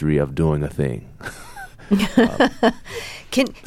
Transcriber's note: laughter